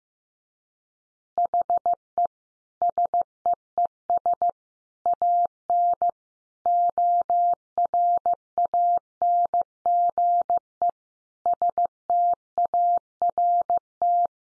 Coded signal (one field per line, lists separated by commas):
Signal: Morse code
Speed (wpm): 15 wpm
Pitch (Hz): 700 Hz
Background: none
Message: HE SEES AN ORANGE START